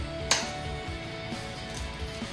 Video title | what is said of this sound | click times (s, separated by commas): Toyota Prius Hybrid Battery Rebuild ~ 2010 - 2014 | push the wiring harness through push it in until it clicks and | 0.3 s